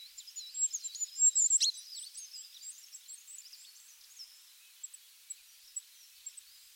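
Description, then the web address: Bird calls: many high, thin chirps and twitters in quick succession, loudest in the first two seconds, then sparse single chips. "Bird Only"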